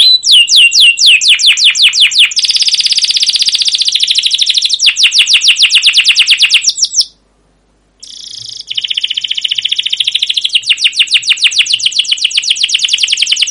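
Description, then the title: Canary song in continuous fast rolling trills, shifting between chirped and buzzy phrases, broken by a short silence near the middle before the trilling resumes. Canary song with long rolling trills (cuit cuit ngerol), described as gacor, used as a lure (pancingan) master recording to train other canaries to sing. "CUIT CUIT NGEROL LANGSUNG GACOR PANJANG Kenari Ini Utk Pancingan KENAR. Masteran Suara Burung Kenari Gacor Panjang cuit cuit Ngerol untuk Pancingan Kenari!"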